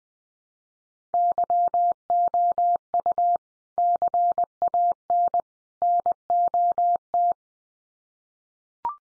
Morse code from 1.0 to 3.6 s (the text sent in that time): YOU